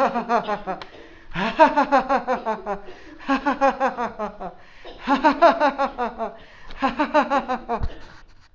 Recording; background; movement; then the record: laughter; a bystander coughing; walking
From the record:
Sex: male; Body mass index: 20.6 kg/m2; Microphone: on the chest, facing outward